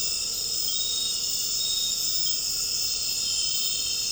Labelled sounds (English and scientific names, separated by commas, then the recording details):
none
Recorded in dense forest near Puerto Asís, Putumayo, Colombia, on 9 March 2025 at 21:00
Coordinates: 0.467, -76.328
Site G041